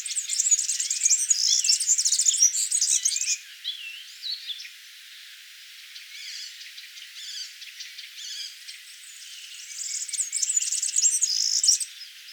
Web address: vogelstimmen girlitz gesang nabu lars lachmann